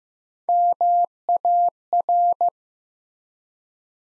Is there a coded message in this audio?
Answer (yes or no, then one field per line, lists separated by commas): yes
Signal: Morse code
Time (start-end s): 0.5-2.5 s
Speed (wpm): 15 wpm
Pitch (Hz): 700 Hz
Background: none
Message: MAR